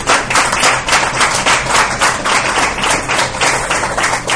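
A studio audience applauds steadily for the show's last guest as he is introduced, many hands clapping in a dense, loud wash of sound that holds its level without pause for several seconds, with no voices standing out above it.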